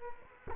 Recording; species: mosquito wingbeat signal from an infrared sensor; Culex quinquefasciatus